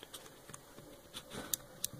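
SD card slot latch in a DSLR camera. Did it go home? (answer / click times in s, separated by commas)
yes / 1.5 s, 1.8 s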